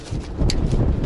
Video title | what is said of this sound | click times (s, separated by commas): P2195 Code Fixed! If Your Mechanic Can Change a Lincoln mkS Oxygen Sensor, So Can You! | you hear that click now that's all you need 35 foot pounds and you're done | 0.5 s